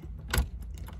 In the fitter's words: yeah and she locked she locked in there